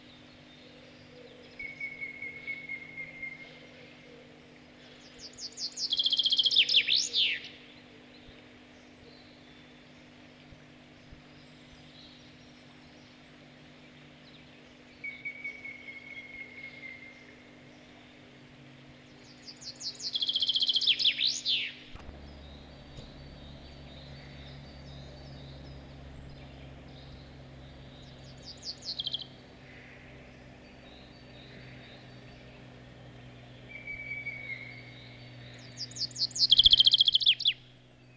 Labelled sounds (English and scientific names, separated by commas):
Common Chaffinch (Fringilla coelebs)